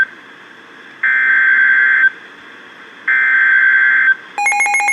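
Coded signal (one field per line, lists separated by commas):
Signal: Emergency Alert System (SAME) tones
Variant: header bursts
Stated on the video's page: Severe thunderstorm warnings from NOAA Weather Radio KHA99, double header, and WXK22.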